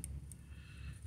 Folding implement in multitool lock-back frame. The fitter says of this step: here and it locks